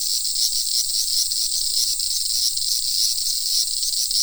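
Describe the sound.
Cicada song as a harsh, shrill buzz with fast pulsing texture, holding a constant level throughout.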